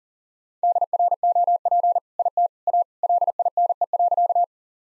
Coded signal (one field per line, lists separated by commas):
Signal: Morse code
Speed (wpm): 38 wpm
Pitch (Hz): 700 Hz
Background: none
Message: DROP IT A LINE.